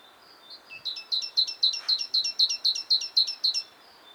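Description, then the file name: Great tit giving a rapid series of bright, ringing two-part notes, about four per second, building in strength and then stopping, over faint background hiss. "Parus major"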